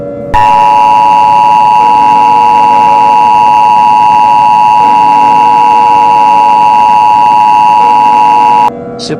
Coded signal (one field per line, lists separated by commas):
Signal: Emergency Alert System (SAME) tones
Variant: 853 and 960 Hz attention tone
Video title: EAS Scenario: Boise Earthquake